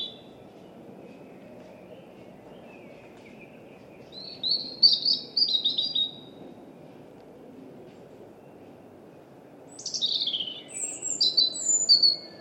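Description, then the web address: European robin song: two separate high, tinkling warbled phrases several seconds apart, each mixing thin whistles and quick trills, over soft background noise. "Deverinetal 2025"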